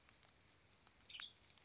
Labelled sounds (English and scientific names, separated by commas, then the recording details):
Western Tanager (Piranga ludoviciana)
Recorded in Sonoma County, California